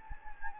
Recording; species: mosquito wingbeat signal from an infrared sensor; Anopheles gambiae